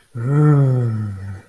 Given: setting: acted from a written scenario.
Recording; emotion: vocal sound without words; guilt